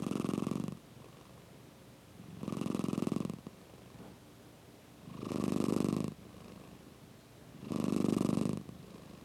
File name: mindmapthat - Purring Cat